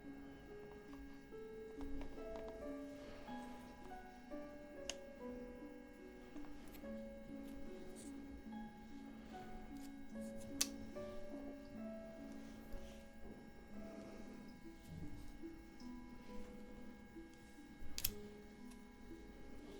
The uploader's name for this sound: Aromatherapy Oil Spa Roleplay (Face & Scalp Massage)